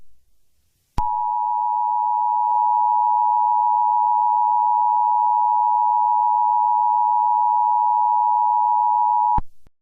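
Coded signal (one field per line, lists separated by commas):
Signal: Emergency Alert System (SAME) tones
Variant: 853 and 960 Hz attention tone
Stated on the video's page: Fictional EAS scenario about a toxic spill in Los Angeles creating zombies; a simulated alert, not real.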